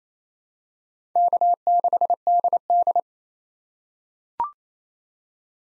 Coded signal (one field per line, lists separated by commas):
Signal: Morse code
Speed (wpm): 28 wpm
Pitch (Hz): 700 Hz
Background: none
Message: K6DD